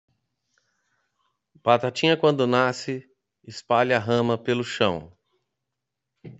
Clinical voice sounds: short text; Brazilian Portuguese; male; 50 to 59 years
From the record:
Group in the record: control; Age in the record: 50 years

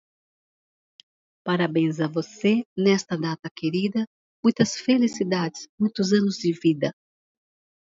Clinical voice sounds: short text; Brazilian Portuguese; female; 60 to 69 years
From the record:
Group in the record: control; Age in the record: 69 years

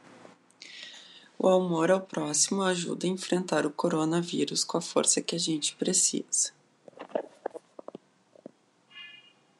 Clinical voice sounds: spoken sentence; Brazilian Portuguese; female; 40 to 49 years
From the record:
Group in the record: control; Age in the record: 40 years

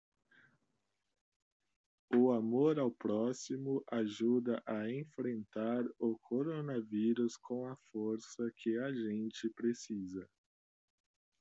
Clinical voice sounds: spoken sentence; Brazilian Portuguese; male; 20 to 29 years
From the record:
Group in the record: control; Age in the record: 29 years

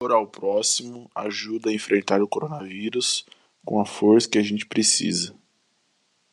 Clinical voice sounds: spoken sentence; Brazilian Portuguese; male; 20 to 29 years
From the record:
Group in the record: control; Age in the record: 20 years

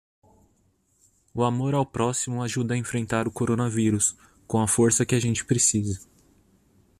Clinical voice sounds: spoken sentence; Brazilian Portuguese; male; 30 to 39 years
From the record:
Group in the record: control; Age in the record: 32 years

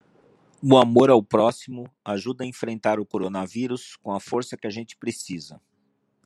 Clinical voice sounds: spoken sentence; Brazilian Portuguese; male; 60 to 69 years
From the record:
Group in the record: control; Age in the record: 62 years

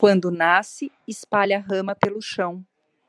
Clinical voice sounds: short text; Brazilian Portuguese; female; 50 to 59 years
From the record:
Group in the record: control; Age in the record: 51 years

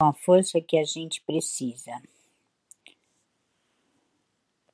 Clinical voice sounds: spoken sentence; Brazilian Portuguese; female; 50 to 59 years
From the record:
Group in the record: control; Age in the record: 56 years

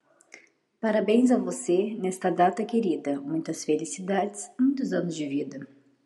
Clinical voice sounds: short text; Brazilian Portuguese; female; 30 to 39 years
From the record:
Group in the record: control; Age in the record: 31 years

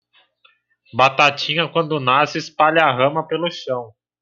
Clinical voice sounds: short text; Brazilian Portuguese; male; 20 to 29 years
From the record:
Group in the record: control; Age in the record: 20 years

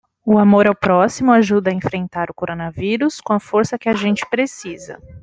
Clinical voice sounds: spoken sentence; Brazilian Portuguese; female; 20 to 29 years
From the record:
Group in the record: control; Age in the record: 27 years

